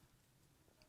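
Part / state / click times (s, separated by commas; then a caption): snap fastener halves pressed together through holes in the material / seated / 0.8 s. Snap fastener halves are pressed together through small pre-punched holes, apparently in leather, so they hold temporarily before being hammered on an anvil. After a quiet, low background, a short sharp snap is heard at 0.8 s as the fastener pieces seat into place.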